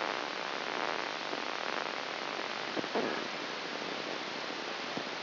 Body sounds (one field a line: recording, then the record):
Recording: brain microelectrode recording played as sound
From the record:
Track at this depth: outside the subthalamic nucleus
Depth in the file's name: 5.898 mm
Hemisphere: left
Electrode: 3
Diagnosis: Parkinson's disease